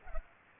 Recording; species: mosquito wingbeat signal from an infrared sensor; Culex pipiens